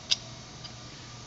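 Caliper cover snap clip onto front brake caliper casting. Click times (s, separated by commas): 0.1 s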